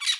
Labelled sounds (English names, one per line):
Brown-throated Parakeet contact call